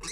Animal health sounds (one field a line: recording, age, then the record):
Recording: pig call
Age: weaner (32 to 43 days)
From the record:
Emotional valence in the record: negative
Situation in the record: novel object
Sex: female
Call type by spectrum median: high-frequency call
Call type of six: high-frequency stable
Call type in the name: high-frequency stable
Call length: 0.12 s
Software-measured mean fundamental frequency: 276 Hz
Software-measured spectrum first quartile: 1554 Hz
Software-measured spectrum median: 4179 Hz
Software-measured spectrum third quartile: 6565 Hz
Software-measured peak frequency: 5952 Hz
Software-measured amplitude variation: 77 dB a second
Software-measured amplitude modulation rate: 20.5 a second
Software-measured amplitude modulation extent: 3.8 dB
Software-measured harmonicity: 2.2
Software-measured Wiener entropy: -2.28